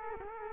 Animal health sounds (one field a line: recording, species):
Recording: mosquito wingbeat signal from an infrared sensor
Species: Culex quinquefasciatus